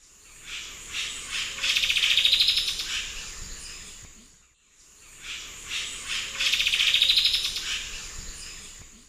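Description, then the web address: Striped woodcreeper song: a fast, even series of sharp notes that swells louder, heard in two bouts of about four seconds, the first fading away. Song, eastern lowlands of South America. "Natures Songs S America Eastern Lowlands Xiphorhynchus obsoletus, song"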